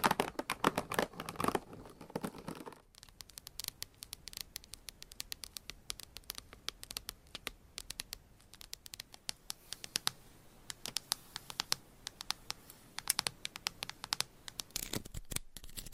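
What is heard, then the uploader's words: Scratching and tapping, with dense, rough scraping for the first three seconds. After that it breaks into a rapid, irregular patter of crisp taps and short scratches that continues to the end, with a brief louder flurry near fifteen seconds. ASMR for ADHD Changing Triggers Every 5 Seconds Scratching , Tapping , Massage & More No Talking.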